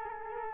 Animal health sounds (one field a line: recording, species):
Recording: mosquito wingbeat signal from an infrared sensor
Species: Culex quinquefasciatus